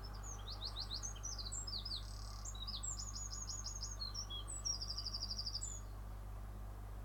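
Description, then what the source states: Bird song of fast high chirping phrases and a rapid buzzy trill, continuing through most above a constant low hum of traffic. Bird singing in the morning with cars in the background.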